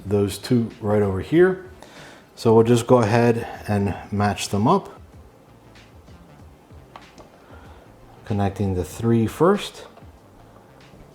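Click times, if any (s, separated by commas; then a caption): 7.0 s. Someone talks while the numbered part 3, a drone arm connector, is matched up and pressed into the body of a DROCON 5G WiFi FPV GPS drone with a 1080P HD camera. A short, sharp snap is heard at 7.0 s as the connector snaps in and seats.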